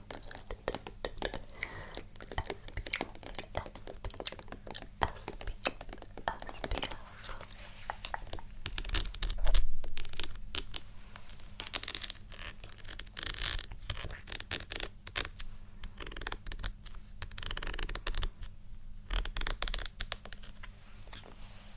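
ASMR makeup triggers: a dense, irregular run of crisp taps, scratches and rustles fills all 22 seconds, with bright sharp bursts clustering around 7 to 10 seconds and again near 17 to 19 seconds. A low steady hum sits underneath throughout.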